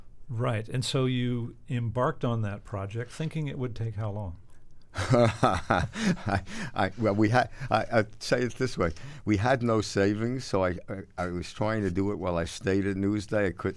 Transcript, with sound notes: Right. And so you embarked on that project - thinking it would take how long?
(Laughter) I - well, we had - I - say it this way. We had no savings, so I was trying to do it while I stayed at Newsday.